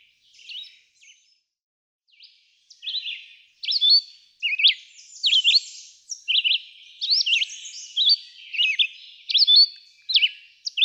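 Red-eyed vireo singing; a few faint notes first, then a quick series of short, sweeping whistled phrases separated by brief gaps.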